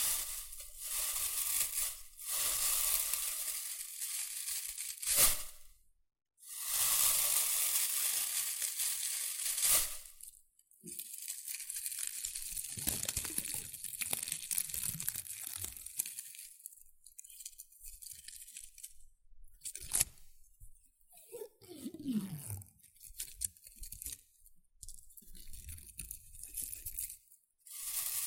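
Rustling and crinkling of shredded tissue and packing peanuts. A bright, dense hiss fills the first ten seconds, broken by short silent gaps near two, six and ten seconds. After that come sparser crackles and crunches in uneven bursts, with a brief squeaky rub around twenty-two seconds.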